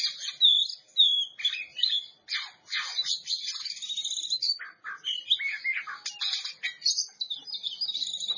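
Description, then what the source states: Oriental magpie-robin song, dense and rich, mixing harsh chattering notes with sweet falling whistles in continuous rapid phrases. Champion bird.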